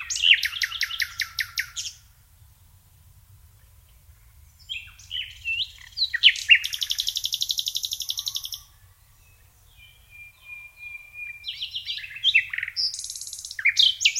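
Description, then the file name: Common nightingale song with a rapid chirping run, assorted short notes, a long high rattling trill, a thin whistle and further varied phrases. "Luscinia megarhynchos"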